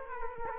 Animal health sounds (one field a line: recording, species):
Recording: mosquito wingbeat signal from an infrared sensor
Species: Aedes aegypti